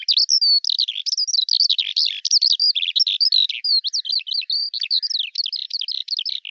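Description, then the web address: Bird song, a rapid, unbroken stream of high chirps and twittering notes that sweep up and down without pause. "Deverinetal 2025 File cleaned normalized Bird Al Ar"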